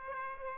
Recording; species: mosquito wingbeat signal from an infrared sensor; Aedes aegypti